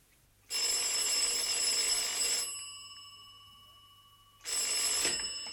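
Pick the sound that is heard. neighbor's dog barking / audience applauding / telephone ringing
telephone ringing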